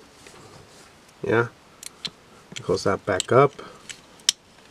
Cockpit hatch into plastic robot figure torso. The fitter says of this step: there's a little clicking sound but um